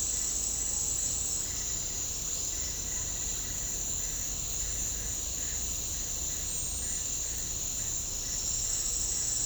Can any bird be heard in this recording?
no